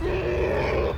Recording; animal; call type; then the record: contact call of a hoofed animal; wild boar; grunt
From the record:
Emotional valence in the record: negative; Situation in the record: naturally occurring agonistic interactions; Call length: 0.97 s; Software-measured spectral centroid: 1500 Hz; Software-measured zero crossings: 1220 a second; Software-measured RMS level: -24 dBFS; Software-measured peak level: -13 dBFS